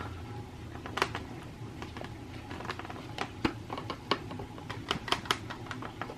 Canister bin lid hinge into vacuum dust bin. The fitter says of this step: and i just want to push it in far enough that it snaps in see that see how it just snapped right in